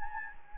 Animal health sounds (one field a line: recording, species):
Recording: mosquito wingbeat signal from an infrared sensor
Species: Anopheles gambiae